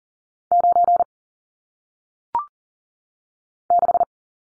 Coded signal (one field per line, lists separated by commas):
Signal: Morse code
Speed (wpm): 38 wpm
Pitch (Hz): 700 Hz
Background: none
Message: 9 6